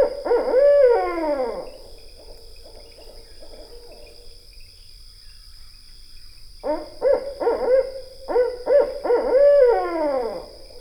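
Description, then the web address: Barred owl hooting in loud bursts of rich, wavering hoots that slide downward at the ends, and a quieter stretch of soft hoots midway. "Songs of Birds of North America Know Your Bird Sounds Common Western Species. Barred Owl"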